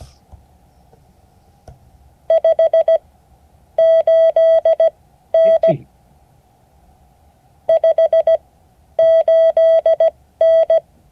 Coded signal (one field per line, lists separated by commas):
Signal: Morse code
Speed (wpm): 17 wpm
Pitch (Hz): 650 Hz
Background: none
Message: 58N 58N